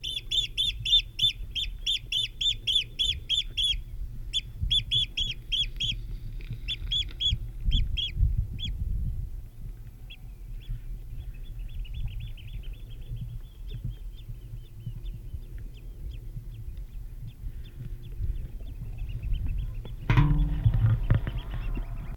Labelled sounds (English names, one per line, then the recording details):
Eurasian Oystercatcher call
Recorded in the wild
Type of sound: call
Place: Langenwerder, Mecklenburg-Vorpommern, DE
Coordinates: 54.027, 11.493
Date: 1969-06-08
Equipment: Nagra III BH, Sennheiser MD 421, parabola
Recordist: Schubert, Michael
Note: Austernfischer warnt